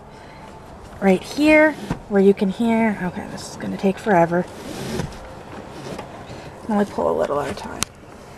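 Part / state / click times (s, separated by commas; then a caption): vehicle seat belt webbing in its locking retractor / not seated / none. A vehicle seat belt's webbing is pulled out of its locking retractor during a car seat install, with a soft rustle of webbing between stretches of someone talking. The retractor lock has not clicked yet.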